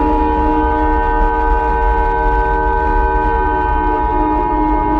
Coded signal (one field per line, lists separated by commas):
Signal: Emergency Alert System (SAME) tones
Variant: 853 and 960 Hz attention tone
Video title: Mini EAS Scenario - 4th of July Zombies